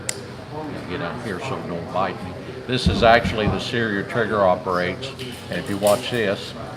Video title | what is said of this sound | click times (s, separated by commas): Let’s talk history: MG08/15 | When it goes into battery, it trips that. You hear it click. | 0.1 s